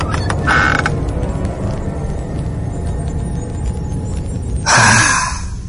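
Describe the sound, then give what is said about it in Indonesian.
A house's front door creaks open onto the balcony in two short, squealing bursts, one at the start and a louder one near the end, over a steady low background hum. “Aku pun beranjak ke teras depan, membuka pintu dan diam di balkon rumah.”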